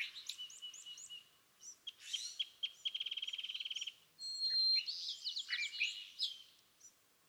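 California thrasher song: a varied run of chirps, slurred notes and a fast dry trill, with phrases changing every second or so and a brief pause near the middle.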